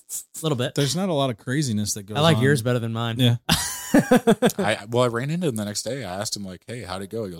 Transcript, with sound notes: A little bit.
There's not a lot of craziness that goes on.
I like yours better than mine.
Yeah. (laughs)
Well, I ran into it the next day. I asked him like, hey, how'd it go?